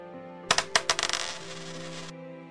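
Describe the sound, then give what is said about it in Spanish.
A few coins, paid to a shoemaker as a tip, clink and drop one after another, sharp metallic taps quickening into a brief jingle, followed by a soft lingering ring that cuts off abruptly. No voices are heard. “Tanto le gustaron que no solo pagó al zapatero el precio que pedía, sino que le dio unas cuantas monedas más como propina.”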